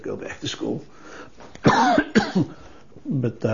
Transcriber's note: coughs